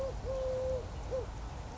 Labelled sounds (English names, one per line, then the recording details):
Eurasian Collared Dove
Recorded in Sonoma County, California